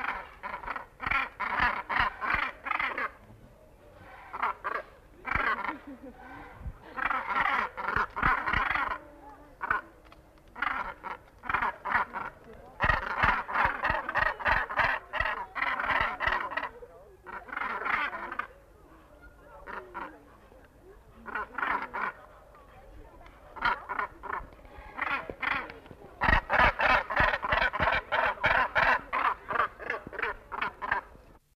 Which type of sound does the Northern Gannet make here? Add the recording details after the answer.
call. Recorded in captivity. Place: Artis Zoo, NL. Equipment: Halbspur, 9,5 cm/s. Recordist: Lütgens, Hans